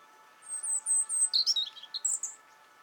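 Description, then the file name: European robin delivering one brief song phrase of thin high whistles that drop into rapid liquid twitters, ending on a sharp high note; faint hum in the background. "Erithacus rubecula - European Robin"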